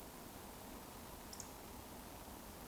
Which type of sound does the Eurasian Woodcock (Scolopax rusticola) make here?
whistle